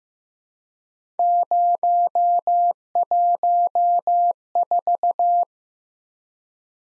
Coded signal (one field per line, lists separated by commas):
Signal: Morse code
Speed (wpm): 15 wpm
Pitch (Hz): 700 Hz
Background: none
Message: 014